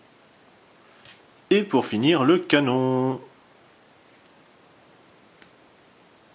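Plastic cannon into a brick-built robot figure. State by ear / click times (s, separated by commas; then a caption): seated / 5.4 s. A plastic toy cannon is fitted onto a plastic brick-built robot figure and clips into place. Someone talks briefly from about 1.5 to 3.2 s, and then in the quiet that follows a single short, sharp click is heard at 5.4 s as the cannon seats.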